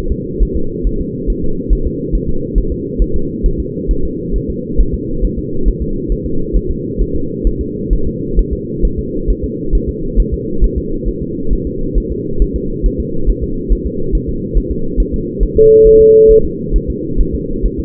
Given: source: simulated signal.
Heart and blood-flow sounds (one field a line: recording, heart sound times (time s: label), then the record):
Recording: fetal heart sounds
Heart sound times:
0.12 s: S2
0.42 s: S1
0.57 s: S2
0.87 s: S1
1.01 s: S2
1.30 s: S1
1.44 s: S2
1.73 s: S1
1.87 s: S2
2.15 s: S1
2.29 s: S2
2.58 s: S1
2.72 s: S2
3.02 s: S1
3.16 s: S2
3.46 s: S1
3.60 s: S2
3.91 s: S1
4.05 s: S2
4.36 s: S1
4.50 s: S2
4.80 s: S1
4.94 s: S2
5.25 s: S1
5.39 s: S2
5.68 s: S1
5.82 s: S2
6.12 s: S1
6.26 s: S2
6.56 s: S1
6.70 s: S2
7.02 s: S1
7.16 s: S2
7.47 s: S1
7.61 s: S2
7.93 s: S1
8.07 s: S2
8.39 s: S1
8.53 s: S2
8.85 s: S1
8.99 s: S2
9.30 s: S1
9.44 s: S2
9.75 s: S1
9.89 s: S2
10.20 s: S1
10.34 s: S2
10.64 s: S1
10.78 s: S2
11.09 s: S1
11.23 s: S2
11.53 s: S1
11.67 s: S2
11.98 s: S1
12.12 s: S2
12.42 s: S1
12.56 s: S2
12.86 s: S1
13.00 s: S2
13.30 s: S1
13.44 s: S2
13.73 s: S1
13.87 s: S2
14.15 s: S1
14.29 s: S2
14.58 s: S1
14.72 s: S2
15.00 s: S1
15.14 s: S2
15.43 s: S1
15.57 s: S2
15.87 s: S1
16.01 s: S2
16.31 s: S1
16.45 s: S2
16.76 s: S1
16.90 s: S2
17.20 s: S1
17.34 s: S2
17.66 s: S1
17.80 s: S2
From the record:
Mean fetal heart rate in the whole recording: 135 bpm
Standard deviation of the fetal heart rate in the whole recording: 3 bpm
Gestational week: 36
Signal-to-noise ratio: -8.1 dB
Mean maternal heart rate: 72 bpm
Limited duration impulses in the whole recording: present